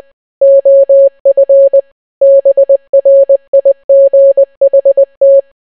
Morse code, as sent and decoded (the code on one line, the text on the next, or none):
--- ..-. / -... .-. .. --. .... -
OF BRIGHT